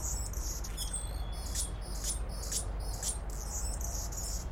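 Anna's hummingbird calling with sharp, squeaky, buzzy high notes in irregular bursts, with a constant low hum underneath.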